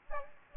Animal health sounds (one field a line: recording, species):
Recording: mosquito wingbeat signal from an infrared sensor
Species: Aedes aegypti